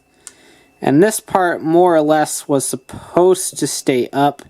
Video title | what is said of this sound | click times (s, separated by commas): Review: Arms Change 06 - Mango Arms &amp; Kiwi Arms Set (Kamen Rider Gaim) | so these will snap in place | 0.3 s